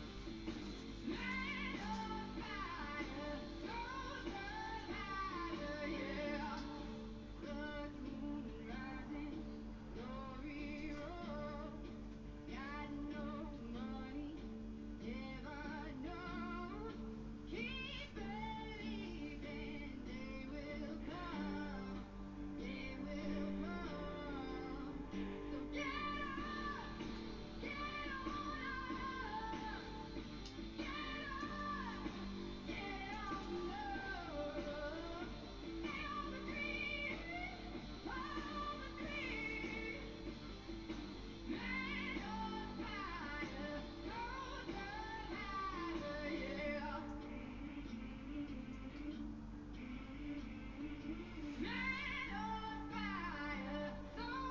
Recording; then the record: background sound without coughing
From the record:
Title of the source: BackgroundMusic2